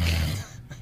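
A single low, rumbling snore from an adult sleeper lasts about half a second, then fades into quiet breathing noise. It is a deep, vibrating sound typical of ordinary adult snoring, recorded while sharing a room during a bachelor party trip in Miami, where the snoring kept a roommate awake for four nights.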